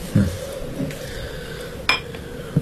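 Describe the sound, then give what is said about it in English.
A cordial being poured into two glasses at Christmas: soft knocks of glassware being set down, a single bright clink in the middle, and a faint, steady trickle underneath. No one speaks. “Here now, I'll pour both of us another cordial.”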